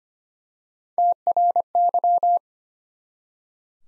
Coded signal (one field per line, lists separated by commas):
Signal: Morse code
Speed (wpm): 25 wpm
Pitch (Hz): 700 Hz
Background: none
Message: TRY